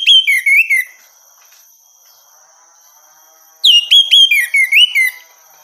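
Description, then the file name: Orange-headed thrush song with bright whistled notes dipping and rising in short bursts, one phrase at the start and a longer one after a quiet gap. Female; recording meant for therapy or training. "suara terapi anis merah betina"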